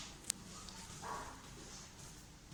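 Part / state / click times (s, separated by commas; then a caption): upper valve part into ink on/off valve body / seated / 0.3 s. During maintenance of an ink on/off valve, the upper valve part is fitted into the valve body and locks into place. A single sharp click is heard at 0.3 s. Faint low background noise continues throughout.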